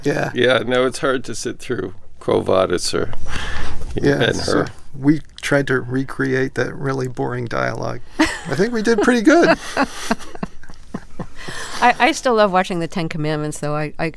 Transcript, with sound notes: Yeah. No, it's hard to sit through "Quo Vadis" or "Ben-Hur."
Yeah, so we tried to recreate that really boring dialogue.
(Laughter).
I think we did pretty good.
I still love watching "The Ten Commandments," though.